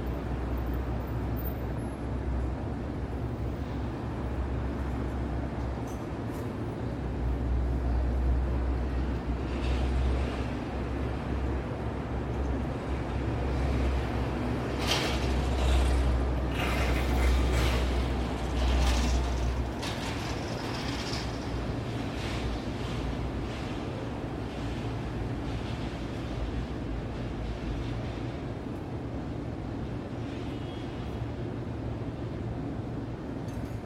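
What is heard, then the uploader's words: A steady city roar at night, thick with low traffic rumble that never lets up. Between about 15 and 20 seconds passing vehicles swell louder, bringing brighter hissing and clatter. A faint high tone lingers in the background near the start. Open Window New York City Soundscape at Night. City soundscape of Midtown New York City in binaural audio. This is a view of 33rd street from my hotel room in the evening. The audio is not looped and recorded on location.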